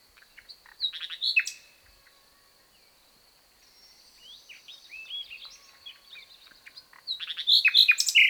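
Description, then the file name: Common nightingale giving scattered soft chirps and brief whistles with a long quiet gap, picking up into louder rapid notes at the end, over a faint steady high tone. "Luscinia megarhynchos"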